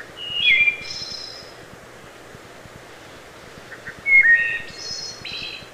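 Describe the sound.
Wood thrush: a flute-like whistled phrase ending in a high buzzy flourish, a pause, then a second phrase with soft lead-in notes and a shimmering trilled finish.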